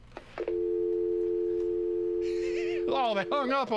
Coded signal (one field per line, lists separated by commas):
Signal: telephone call progress tone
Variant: North America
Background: speech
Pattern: dial tone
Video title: Connecting a Phone to A Modern Computer